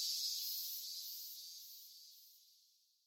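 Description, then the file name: Cicada drone, a high-pitched hissing buzz that fades steadily away over about three seconds. "poppen cicada"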